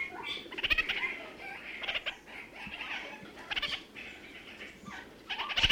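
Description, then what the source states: Red-crowned parakeet chatter: continuous nasal, warbling notes with intermittent rattles, ending in a louder burst, over soft background noise. New Zealand.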